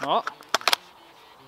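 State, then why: Seated. Someone briefly talks, then a G&G composite magazine is pushed into the magazine well of a Specna Arms Flex SA-F01 airsoft rifle and locks into the magazine catch with a sharp click at 0.5 s, followed by a few quick clicks. The magazine is seated on the second attempt.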